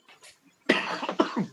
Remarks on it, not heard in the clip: I'm getting over a sinus infection, so if it sounds like I'm gasping for air, I kind of am. And there's the cough.